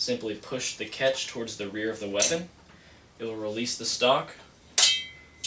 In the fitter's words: stock will fold out and lock back into place very solid There is almost no wobble whatsoever